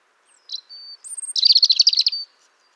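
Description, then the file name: European robin song phrase: thin high whistled notes, then a rapid sparkling trill of high warbled notes lasting under a second. "Erithacus rubecula"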